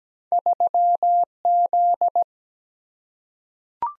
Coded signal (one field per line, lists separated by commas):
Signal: Morse code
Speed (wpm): 17 wpm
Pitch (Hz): 700 Hz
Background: none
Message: 3Z